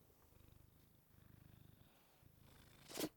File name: freesound cat sneeze